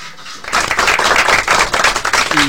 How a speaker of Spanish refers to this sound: Bueno, un aplauso grande acá